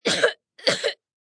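Two short, harsh coughs follow each other about a quarter second apart, each a rough, noisy burst with little low rumble. It is an acted adult male cough, not illness.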